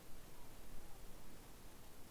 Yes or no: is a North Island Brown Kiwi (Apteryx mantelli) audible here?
no